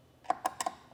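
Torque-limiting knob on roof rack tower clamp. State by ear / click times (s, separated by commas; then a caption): torque reached / 0.3 s, 0.5 s, 0.6 s, 0.7 s. The torque-limiting tightening knob on a Yakima RidgeLine roof rack tower clamp, set up for flush rails on a 2021 Chevrolet Trailblazer, is turned until its clutch clicks at the set torque. Four sharp clicks sound at 0.3, 0.5, 0.6 and 0.7 seconds, confirming the knob has reached its set torque.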